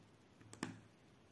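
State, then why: Seated. A round resin diamond drill is pressed into a cell of an adhesive diamond-painting canvas. A faint tick at 0.5 s is followed by a sharper, brighter click at 0.6 s as the drill seats into the canvas.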